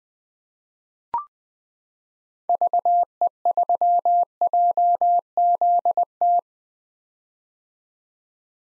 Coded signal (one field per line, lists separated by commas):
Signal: Morse code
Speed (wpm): 20 wpm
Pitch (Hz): 700 Hz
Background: none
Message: VE3JZT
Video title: 2023 POTA Activator Call Signs - 20wpm